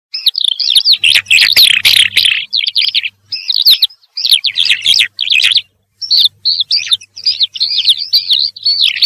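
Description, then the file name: Eurasian skylark singing a fast, continuous stream of high warbled, buzzy and trilled notes with brief pauses, the phrases running on almost without a break. "ALLODOLA"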